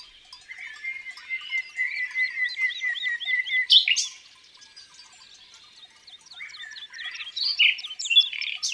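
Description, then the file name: Common nightingale song with a string of looping repeated notes rising in loudness, a sharp burst, then quieter varied twitters and chips. Recorded in the countryside. "Rossignol philomele Chants doiseaux dans la campagne"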